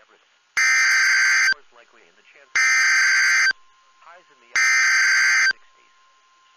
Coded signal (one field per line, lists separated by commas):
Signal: Emergency Alert System (SAME) tones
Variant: header bursts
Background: speech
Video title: EAS #284-285 - Tornado Warnings for MY COUNTY!